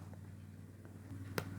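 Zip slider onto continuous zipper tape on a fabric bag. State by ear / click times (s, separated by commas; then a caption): seated / 1.4 s. A zip slider is pushed forward onto continuous zipper tape on a fabric bag, with the tape teeth placed evenly into both sides. Two faint soft ticks at 0.1 s and 0.9 s come first over a steady low hum. A sharp, bright click at 1.4 s follows as the slider locks onto the tape and seats.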